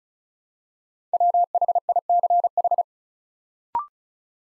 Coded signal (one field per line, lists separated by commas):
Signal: Morse code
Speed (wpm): 36 wpm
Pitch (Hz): 700 Hz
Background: none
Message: WHICH